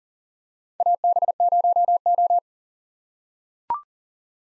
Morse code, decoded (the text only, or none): AB0O